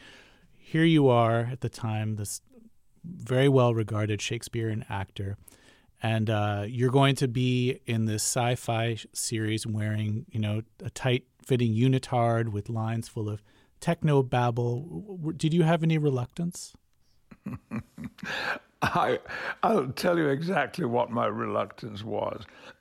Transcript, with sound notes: I mean, here you are, at the time, this very well-regarded Shakespearean actor and you're going to be in this sci-fi series wearing, you know, a tight-fitting unitard with lines full of techno babble. Did you have any reluctance?
(Laughter) I'll tell you exactly what my reluctance was.